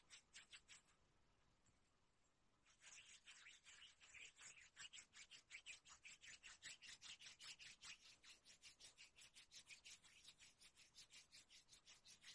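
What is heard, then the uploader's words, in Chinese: Skin being rubbed in quick, regular back-and-forth strokes, a dry, bright rasping swish roughly four to five times a second. A few strokes open the clip, then a brief quieter pause near two seconds, after which the rubbing resumes steadily and close to the end. 助眠摩擦肌肤的声音。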